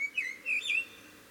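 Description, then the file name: Eurasian blackbird giving a few short, fluty whistles in a brief burst. "Turdus merula"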